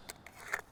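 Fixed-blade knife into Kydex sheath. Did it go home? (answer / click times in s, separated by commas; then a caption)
no / none. A fixed-blade ESEE 4HM knife is handled at its rigid Kydex plastic sheath, released with the thumb ramp before being pushed back in. Three short, sharp plastic clicks sound at about 0.1, 0.3 and 0.5 seconds, the last being the loudest. The blade has not yet snapped home in the sheath's retention; nothing has seated or clicked into place yet.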